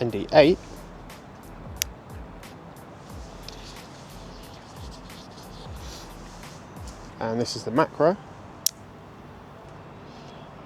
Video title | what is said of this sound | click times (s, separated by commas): The best lens kit for the Osmo Pocket 3 | That's a real solid click. I like that. | 8.7 s